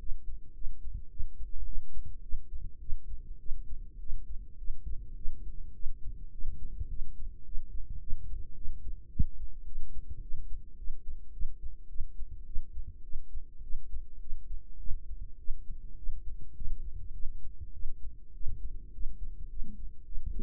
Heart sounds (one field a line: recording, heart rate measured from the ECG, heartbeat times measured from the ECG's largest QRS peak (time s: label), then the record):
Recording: heart sounds by microphone in the right ear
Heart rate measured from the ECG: 105 bpm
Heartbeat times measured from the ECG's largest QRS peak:
0.53 s: heartbeat
1.09 s: heartbeat
1.64 s: heartbeat
2.21 s: heartbeat
2.79 s: heartbeat
3.38 s: heartbeat
3.98 s: heartbeat
4.57 s: heartbeat
5.15 s: heartbeat
5.73 s: heartbeat
6.31 s: heartbeat
6.88 s: heartbeat
7.44 s: heartbeat
7.99 s: heartbeat
8.54 s: heartbeat
9.09 s: heartbeat
9.65 s: heartbeat
10.21 s: heartbeat
10.77 s: heartbeat
11.32 s: heartbeat
11.88 s: heartbeat
12.45 s: heartbeat
13.03 s: heartbeat
13.62 s: heartbeat
14.19 s: heartbeat
14.78 s: heartbeat
15.38 s: heartbeat
15.96 s: heartbeat
16.54 s: heartbeat
17.12 s: heartbeat
17.73 s: heartbeat
18.33 s: heartbeat
18.92 s: heartbeat
19.48 s: heartbeat
20.04 s: heartbeat
From the record:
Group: healthy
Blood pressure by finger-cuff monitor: 105/64 mmHg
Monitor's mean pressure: 77 mmHg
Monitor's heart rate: 107 bpm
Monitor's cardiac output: 8.2 L/min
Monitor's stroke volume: 78 mL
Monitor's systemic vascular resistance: 660 dyn s/cm5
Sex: female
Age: 22 years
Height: 157 cm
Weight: 47.6 kg